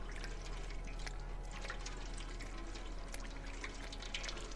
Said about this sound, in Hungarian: kicsit iszunk, hiszen a hidratálás fontos. A cicának is, nem csak a streamernek.